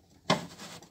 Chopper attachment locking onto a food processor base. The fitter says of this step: şu an kitlendi Abi